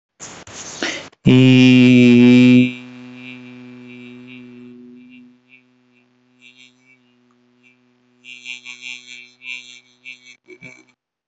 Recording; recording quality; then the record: sustained vowel as in beet; excellent, no background noise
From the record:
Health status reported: healthy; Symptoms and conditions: none ticked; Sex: male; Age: 27 years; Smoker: not ticked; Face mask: not worn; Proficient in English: yes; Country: India